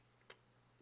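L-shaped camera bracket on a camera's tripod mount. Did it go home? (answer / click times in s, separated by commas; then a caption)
yes / 0.3 s. An L-shaped camera bracket, or tripod plate, is fitted onto the tripod mount on the bottom of a camera body. A single faint, short tick sounds at 0.3 s over a quiet, steady low hum as the bracket locks into place on the camera.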